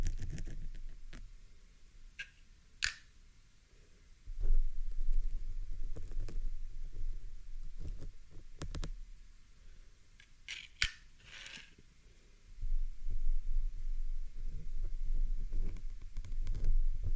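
A pin is plucked from a microphone and the mic is pulled, giving bursts of low rumbling handling noise from about 4 to 9 seconds and again from 12 seconds on. Sharp clicks and brief scraping ticks cut in around 3, 9 and 10–11 seconds, with quieter stretches between.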